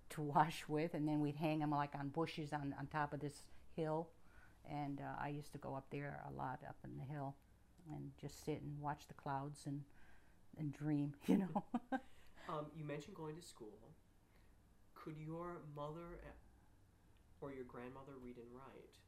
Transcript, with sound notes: to wash with, and then we'd hang them, like, on bushes, on top of this hill, and I used to go up there a lot, up on the hill, and just sit and wash the clouds, and dream, you know? (she laughs)
You mentioned going to school. Could your mother or your grandmother read and write?